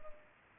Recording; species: mosquito wingbeat signal from an infrared sensor; Culex pipiens